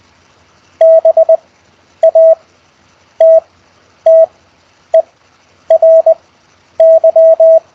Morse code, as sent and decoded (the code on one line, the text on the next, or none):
-... .- - - . .-. -.--
BATTERY